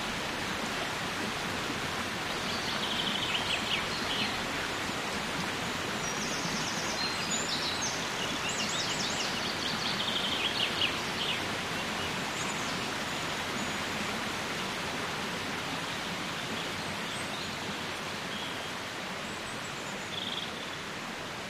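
A small stream flows with a steady, dense rush, while brief bird chirps flicker above it, mostly in the first half.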